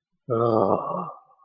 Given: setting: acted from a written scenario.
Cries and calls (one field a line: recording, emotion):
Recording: vocal sound without words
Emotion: ecstasy